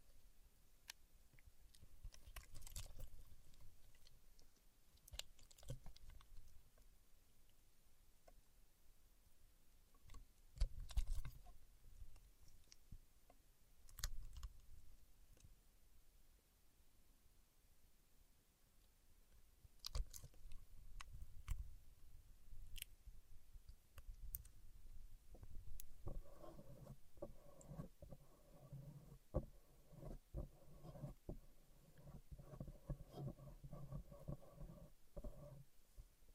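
Paraffin wax being peeled, tapped and scratched, with sharp clicks and taps scattered irregularly throughout, clustering around 5, 11, 14 and 20 seconds. Low, soft rubbing and crinkling fill the gaps, and from about 26 seconds a denser, steadier scratching with a buzzing tone takes over.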